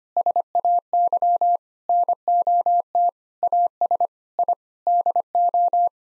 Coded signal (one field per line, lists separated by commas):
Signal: Morse code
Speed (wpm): 25 wpm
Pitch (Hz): 700 Hz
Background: none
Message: SAY NOT AS I DO